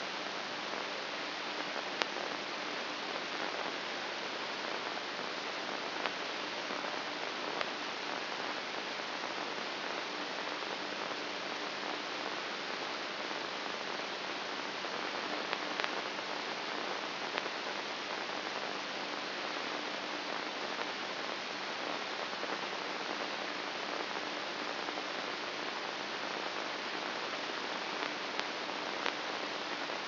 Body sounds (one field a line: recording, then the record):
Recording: brain microelectrode recording played as sound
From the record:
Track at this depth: outside the subthalamic nucleus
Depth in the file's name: 2.138 mm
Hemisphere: left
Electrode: 2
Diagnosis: Parkinson's disease